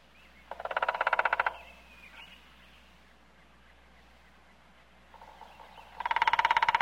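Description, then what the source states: Woodpecker drumming: a rapid roll of knocks lasting about a second, then a quiet stretch with faint knocking, then another fast roll at the end. Knocking on a tree.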